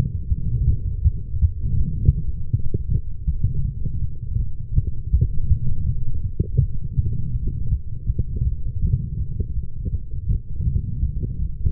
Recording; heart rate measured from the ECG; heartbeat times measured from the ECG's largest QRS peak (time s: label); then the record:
heart sounds by stethoscope; 162 bpm
0.28 s: heartbeat
0.65 s: heartbeat
1.03 s: heartbeat
1.40 s: heartbeat
1.77 s: heartbeat
2.14 s: heartbeat
2.51 s: heartbeat
2.89 s: heartbeat
3.26 s: heartbeat
3.63 s: heartbeat
4.00 s: heartbeat
4.37 s: heartbeat
4.74 s: heartbeat
5.11 s: heartbeat
5.48 s: heartbeat
5.85 s: heartbeat
6.22 s: heartbeat
6.59 s: heartbeat
6.96 s: heartbeat
7.32 s: heartbeat
7.69 s: heartbeat
8.06 s: heartbeat
8.43 s: heartbeat
8.80 s: heartbeat
9.17 s: heartbeat
9.54 s: heartbeat
9.91 s: heartbeat
10.27 s: heartbeat
10.64 s: heartbeat
11.01 s: heartbeat
11.37 s: heartbeat
From the record:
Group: healthy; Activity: light exercise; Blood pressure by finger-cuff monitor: 88/71 mmHg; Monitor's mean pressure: 85 mmHg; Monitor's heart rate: 168 bpm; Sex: female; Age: 19 years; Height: 163 cm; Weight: 51 kg